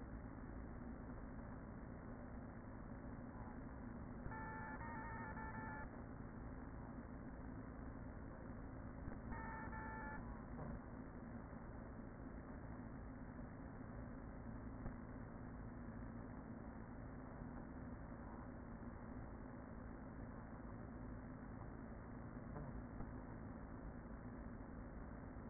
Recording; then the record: honeybee colony, microphone inside the hive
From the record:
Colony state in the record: queen present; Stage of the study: after two queens were removed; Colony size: about 40,000 bees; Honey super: no